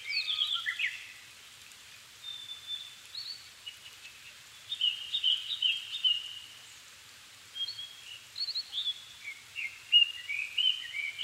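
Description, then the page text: Japanese thrush song in several bursts of quick, varied fluty and slurred notes, with short pauses between phrases. Recorded 7 May 2011 at 17:59, altitude 270 m, with a Sony PCM-D50 and Panasonic WM-61A microphone. "kurotugumi 20110507-1759. Turdus cardis [Sounds -Nikko Today-]"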